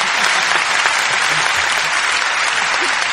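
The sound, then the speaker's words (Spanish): A crowd applauds musicians after their song, many hands clapping in a dense, continuous wash of sound that stays loud and even throughout, with no voices standing out. “Nos aplaudieron y nos tocaron la trompeta también.”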